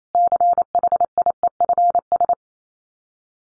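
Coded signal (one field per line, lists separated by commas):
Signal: Morse code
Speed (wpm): 28 wpm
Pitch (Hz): 700 Hz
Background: none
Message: CHIEFS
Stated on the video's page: Morse code head-copy drill at 28 wpm: sets of common five-word English n-grams, each sent, spoken, then sent again.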